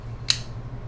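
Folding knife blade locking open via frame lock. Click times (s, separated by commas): 0.3 s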